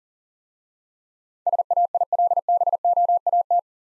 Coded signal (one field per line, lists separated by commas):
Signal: Morse code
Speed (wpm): 43 wpm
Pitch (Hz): 700 Hz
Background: none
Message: SAILBOAT